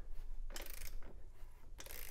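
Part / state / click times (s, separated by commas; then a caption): micrometer torque wrench on an axle nut / not seated / none. A Tekton micrometer torque wrench is ratcheted and positioned onto an axle nut, with a backer wrench holding the other side of the axle, before torque is applied. Two short bursts of light ratchet pawl ticks are heard, around 0.6–0.9 s and 1.8–2.0 s. The wrench has not clicked yet.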